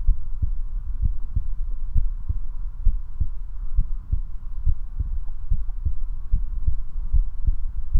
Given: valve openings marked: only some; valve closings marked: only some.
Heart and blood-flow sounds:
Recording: heart sounds by stethoscope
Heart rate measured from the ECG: 69 bpm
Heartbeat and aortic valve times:
0.10 s: heartbeat (ECG mark)
0.15 s: aortic valve opens (echo mark)
0.43 s: aortic valve closes (echo mark)
1.05 s: heartbeat (ECG mark)
1.09 s: aortic valve opens (echo mark)
1.37 s: aortic valve closes (echo mark)
1.97 s: heartbeat (ECG mark)
2.02 s: aortic valve opens (echo mark)
2.30 s: aortic valve closes (echo mark)
2.88 s: heartbeat (ECG mark)
2.92 s: aortic valve opens (echo mark)
3.21 s: aortic valve closes (echo mark)
3.80 s: heartbeat (ECG mark)
3.84 s: aortic valve opens (echo mark)
4.13 s: aortic valve closes (echo mark)
4.68 s: heartbeat (ECG mark)
4.73 s: aortic valve opens (echo mark)
5.01 s: aortic valve closes (echo mark)
5.53 s: heartbeat (ECG mark)
5.85 s: aortic valve closes (echo mark)
6.35 s: heartbeat (ECG mark)
6.39 s: aortic valve opens (echo mark)
6.68 s: aortic valve closes (echo mark)
7.16 s: heartbeat (ECG mark)
7.20 s: aortic valve opens (echo mark)
7.97 s: heartbeat (ECG mark)
From the record:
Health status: healthy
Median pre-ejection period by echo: 45 ms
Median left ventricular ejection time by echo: 281 ms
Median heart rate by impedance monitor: 70 bpm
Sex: male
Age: 19 years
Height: 179 cm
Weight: 78 kg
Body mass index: 24.34

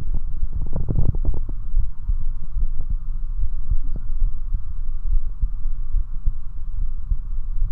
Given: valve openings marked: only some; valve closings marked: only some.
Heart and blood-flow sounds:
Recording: heart sounds by stethoscope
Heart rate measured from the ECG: 72 bpm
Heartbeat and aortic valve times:
0.13 s: heartbeat (ECG mark)
0.21 s: aortic valve opens (echo mark)
0.43 s: aortic valve closes (echo mark)
0.98 s: heartbeat (ECG mark)
1.05 s: aortic valve opens (echo mark)
1.29 s: aortic valve closes (echo mark)
1.79 s: heartbeat (ECG mark)
1.87 s: aortic valve opens (echo mark)
2.09 s: aortic valve closes (echo mark)
2.60 s: heartbeat (ECG mark)
2.67 s: aortic valve opens (echo mark)
2.90 s: aortic valve closes (echo mark)
3.42 s: heartbeat (ECG mark)
3.49 s: aortic valve opens (echo mark)
3.70 s: aortic valve closes (echo mark)
4.24 s: heartbeat (ECG mark)
4.31 s: aortic valve opens (echo mark)
4.53 s: aortic valve closes (echo mark)
5.13 s: heartbeat (ECG mark)
5.20 s: aortic valve opens (echo mark)
5.43 s: aortic valve closes (echo mark)
5.97 s: heartbeat (ECG mark)
6.04 s: aortic valve opens (echo mark)
6.26 s: aortic valve closes (echo mark)
6.81 s: heartbeat (ECG mark)
6.88 s: aortic valve opens (echo mark)
7.10 s: aortic valve closes (echo mark)
7.64 s: heartbeat (ECG mark)
From the record:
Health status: healthy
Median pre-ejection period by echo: 71 ms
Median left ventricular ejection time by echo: 224 ms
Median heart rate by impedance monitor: 72 bpm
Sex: male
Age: 29 years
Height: 170 cm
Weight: 92 kg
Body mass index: 31.83

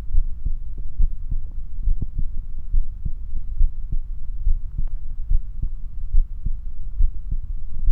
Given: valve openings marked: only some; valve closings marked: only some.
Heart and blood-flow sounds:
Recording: heart sounds by stethoscope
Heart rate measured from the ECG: 70 bpm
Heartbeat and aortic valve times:
0.16 s: heartbeat (ECG mark)
0.23 s: aortic valve opens (echo mark)
0.46 s: aortic valve closes (echo mark)
1.02 s: heartbeat (ECG mark)
1.08 s: aortic valve opens (echo mark)
1.32 s: aortic valve closes (echo mark)
1.89 s: heartbeat (ECG mark)
1.96 s: aortic valve opens (echo mark)
2.19 s: aortic valve closes (echo mark)
2.76 s: heartbeat (ECG mark)
2.82 s: aortic valve opens (echo mark)
3.06 s: aortic valve closes (echo mark)
3.62 s: heartbeat (ECG mark)
3.69 s: aortic valve opens (echo mark)
3.93 s: aortic valve closes (echo mark)
4.48 s: heartbeat (ECG mark)
4.55 s: aortic valve opens (echo mark)
4.79 s: aortic valve closes (echo mark)
5.33 s: heartbeat (ECG mark)
5.39 s: aortic valve opens (echo mark)
5.63 s: aortic valve closes (echo mark)
6.16 s: heartbeat (ECG mark)
6.23 s: aortic valve opens (echo mark)
6.47 s: aortic valve closes (echo mark)
7.02 s: heartbeat (ECG mark)
7.09 s: aortic valve opens (echo mark)
7.34 s: aortic valve closes (echo mark)
7.89 s: heartbeat (ECG mark)
From the record:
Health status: healthy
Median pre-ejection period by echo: 69 ms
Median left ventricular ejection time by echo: 240 ms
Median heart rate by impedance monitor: 69 bpm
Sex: male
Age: 24 years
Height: 167 cm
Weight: 61 kg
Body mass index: 21.87

